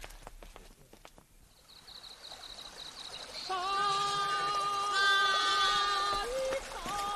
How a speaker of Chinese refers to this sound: 顺着这条河呀，走不远就是咱们老家了。嘿，你看看，你看看这河水啊，多清凉！